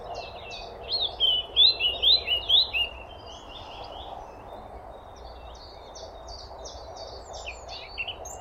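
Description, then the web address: Eurasian blackcap song: a short burst of quick warbled notes lasting about two seconds, followed by faint scattered high chirps over low hum. "SETE Sylvia atricapilla"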